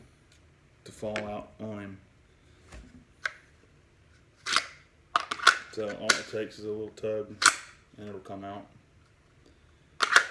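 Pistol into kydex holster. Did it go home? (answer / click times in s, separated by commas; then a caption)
yes / 10.0 s, 10.2 s. Someone talks while a pistol is tugged out of a kydex holster, with a few short sharp ticks between the words. The pistol is then pushed back into the kydex holster and clicks into retention at 10.0 s and 10.2 s, seating with a good positive click.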